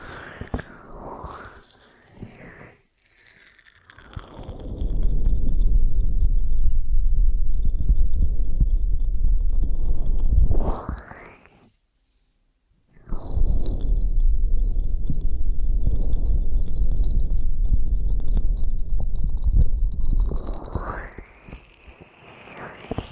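Ear massage sounds: two long stretches of dense, muffled rubbing and rustling, each swelling and fading, separated by a brief silence near twelve seconds.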